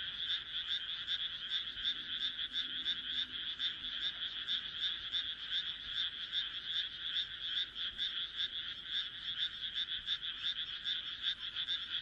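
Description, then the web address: Frogs calling in a dense chorus, rapid rasping pulses overlapping into a continuous, steady churring throughout. "kaeru kaeru"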